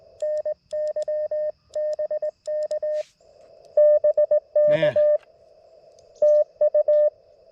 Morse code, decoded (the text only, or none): NY BK BK TU